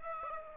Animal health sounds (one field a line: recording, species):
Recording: mosquito wingbeat signal from an infrared sensor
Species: Aedes aegypti